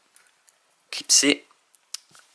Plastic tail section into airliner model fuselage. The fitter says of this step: Normalement, ça devrait se clipser tout seul. C'est un peu raide, hein, c'est du plastique.